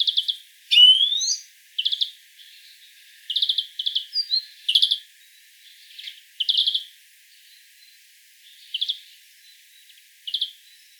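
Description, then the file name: European greenfinch calls: an opening upward-sweeping note, then scattered short bursts of fast chirping notes spaced a second or two apart. "Chloris chloris"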